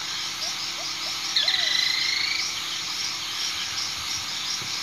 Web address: Natures Songs S America Eastern Lowlands Hemitriccus iohannis, song